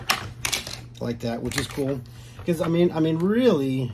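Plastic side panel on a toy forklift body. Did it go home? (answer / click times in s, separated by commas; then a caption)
released / 0.1 s, 0.5 s. A detachable plastic side panel is pulled off a toy forklift body, giving sharp snaps at 0.1 s and 0.5 s as it comes free, followed by a couple of lighter clicks. Someone talks throughout, and the side panel ends up released from the forklift.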